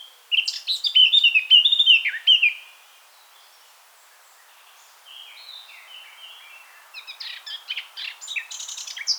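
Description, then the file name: Eurasian blackcap giving a bright, fluty warbled phrase, a brief lull, then softer twittering that builds again into sharper notes at the end. "Sylvia atricapilla"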